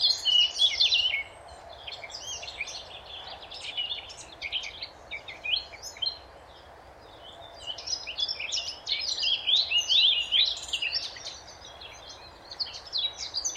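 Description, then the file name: Eurasian blackcap singing two long bursts of rapid, rich warbling with twittering and slurred notes, separated by a quieter stretch, over a faint low hum. "Sylvia atricapilla"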